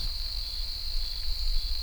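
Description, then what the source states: Cricket trilling in one steady, unbroken high-pitched ringing tone over a soft low rumble. Outdoors.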